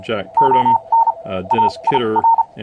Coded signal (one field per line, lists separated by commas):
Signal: Morse code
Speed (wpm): 34 wpm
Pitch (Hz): 910 Hz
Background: speech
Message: ON AIR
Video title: Software Controlled Radio Transceiver and Software Demo (K4KRW)